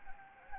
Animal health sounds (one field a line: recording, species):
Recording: mosquito wingbeat signal from an infrared sensor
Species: Anopheles gambiae